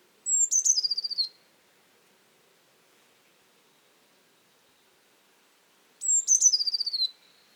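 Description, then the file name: Eurasian blue tit singing two phrases about six seconds apart, each a thin high note and a rapid falling trill, with quiet between. "Cyanistes caeruleus"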